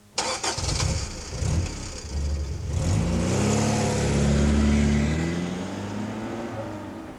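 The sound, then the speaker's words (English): A car engine cranks with a rapid, rattling starter whir, then catches and roars to life, revving up loudly before settling into a steady, rumbling idle. “Number one is car.”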